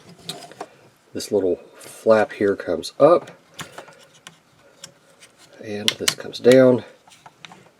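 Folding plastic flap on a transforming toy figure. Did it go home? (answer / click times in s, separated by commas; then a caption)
yes / 7.5 s. A plastic flap on a transforming toy figure is folded down while someone talks, with small handling clicks along the way. A sharp click at 7.4 seconds marks the part locking into place.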